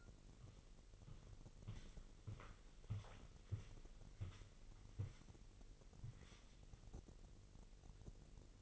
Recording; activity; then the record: daily activity, microphone in the room; walk to room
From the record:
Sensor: 4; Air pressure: 1002.8 hPa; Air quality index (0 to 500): 247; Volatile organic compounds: 10 ppm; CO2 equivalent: 2206 ppm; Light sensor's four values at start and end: 12/29/11/11 and 12/27/11/11